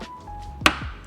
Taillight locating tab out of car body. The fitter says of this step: as you carefully move the taillight out. You should hear it pop.